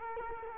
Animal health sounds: mosquito wingbeat signal from an infrared sensor; Culex quinquefasciatus

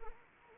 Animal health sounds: mosquito wingbeat signal from an infrared sensor; Anopheles arabiensis

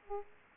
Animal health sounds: mosquito wingbeat signal from an infrared sensor; Aedes aegypti

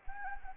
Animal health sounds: mosquito wingbeat signal from an infrared sensor; Anopheles gambiae

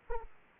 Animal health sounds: mosquito wingbeat signal from an infrared sensor; Aedes aegypti

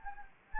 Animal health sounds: mosquito wingbeat signal from an infrared sensor; Anopheles gambiae

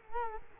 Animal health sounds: mosquito wingbeat signal from an infrared sensor; Culex quinquefasciatus

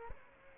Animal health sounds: mosquito wingbeat signal from an infrared sensor; Aedes aegypti

